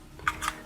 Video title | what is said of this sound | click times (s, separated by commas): How to add CarPlay & Android Auto into Acura MDX 2014-2017 factory stereo - VLine VL2 System HON3 | so I'll put this piece on next and that goes right here just snaps right in | 0.3 s